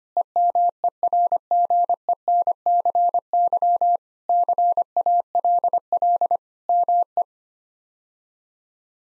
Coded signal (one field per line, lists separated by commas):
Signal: Morse code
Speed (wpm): 25 wpm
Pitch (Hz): 700 Hz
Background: none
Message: EMERGENCY CALL ME